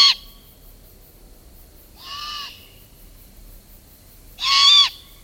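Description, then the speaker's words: Great horned owl young giving harsh, hissing screeches, three rasping bursts about two seconds apart, the middle one softer. Young owls begging their parents for food in spring, heard just after dusk. "That's the sound of avian teenagers begging for their next meal. It's what great horned owl parents have to put up with in the spring."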